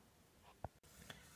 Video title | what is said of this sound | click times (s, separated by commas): How to fix a dead TV with no power (Sharp LC-22DS240K) | down here that you also just slide out lift up a little click there and slide it out | 0.7 s